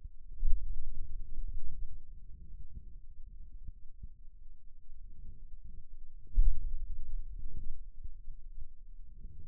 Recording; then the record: forearm muscle sounds (acoustic myography)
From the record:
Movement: pen grasping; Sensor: system 2, bracelet of six BSWA MPA416 microphones around the upper forearm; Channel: 2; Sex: male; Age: 22 years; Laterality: right